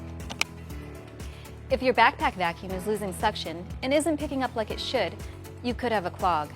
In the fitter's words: align the filter door and snap into place